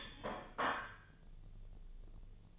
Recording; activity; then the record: daily activity, microphone in the room; place plate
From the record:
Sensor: 4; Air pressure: 1010.2 hPa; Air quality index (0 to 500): 182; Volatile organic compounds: 6 ppm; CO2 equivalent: 1839 ppm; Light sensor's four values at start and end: 31/93/36/36 and 31/93/36/36